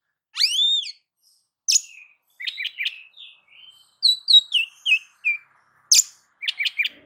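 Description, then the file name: Oriental magpie-robin song: a bright rising whistle, then short chirpy notes, harsh rasps and falling whistled phrases in separate bursts. "Suara-Kacer-Versi-7"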